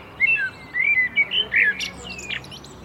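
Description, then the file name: Common blackbird singing a rich warbled phrase of fluty notes that ends in a thin, high squeaky twitter. "Turdus merula"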